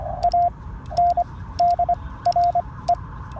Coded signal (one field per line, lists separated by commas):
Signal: Morse code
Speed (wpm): 24 wpm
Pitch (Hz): 700 Hz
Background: radio noise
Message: ANDRE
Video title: Morse Code contact with LZ3FA - Subtitles